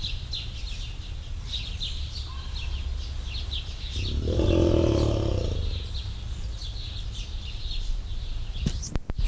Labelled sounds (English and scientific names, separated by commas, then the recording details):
Muskox (Ovibos moschatus) call
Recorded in captivity
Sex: female
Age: adult
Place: Tierpark Berlin, Berlin, DE
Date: 1972-08-12
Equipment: Uher 4200 Report Stereo, Sennheiser MD 421, Verstärker 1
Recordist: Tembrock, Günter
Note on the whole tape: Jüngeres Tier: Langlaut. Abstand: ca. 15 m. Aufnahmezeit: 8.15 bis 11.30 Uhr